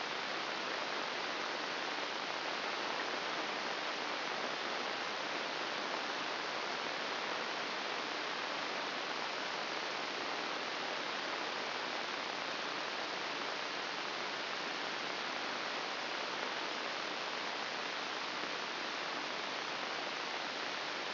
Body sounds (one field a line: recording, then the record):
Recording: brain microelectrode recording played as sound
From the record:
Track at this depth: inside the subthalamic nucleus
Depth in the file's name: 2.006 mm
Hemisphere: right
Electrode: 3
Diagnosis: Parkinson's disease